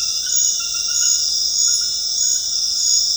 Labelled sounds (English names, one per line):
none